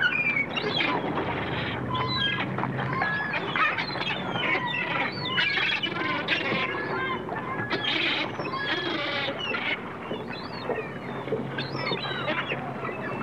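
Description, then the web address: Gulls calling, many overlapping harsh, yelping calls in a steady chorus, with a constant low rumble of surf and engines beneath throughout. Seagulls chirping with surf and boats in the background. "bird seagulls chirping surf and boats in bg"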